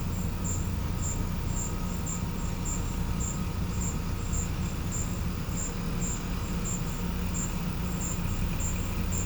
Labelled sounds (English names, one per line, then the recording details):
none
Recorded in pastures near Puerto Asís, Putumayo, Colombia, on 20 December 2024 at 14:00
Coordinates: 0.505, -76.324
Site G063